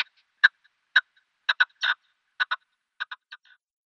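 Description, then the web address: Red-legged partridge calling with rasping chuk notes, singly and in pairs with one drawn-out grating note, spaced about half a second apart. Male, giving a display call. "Schulze Peter Red-legged Partridge male display"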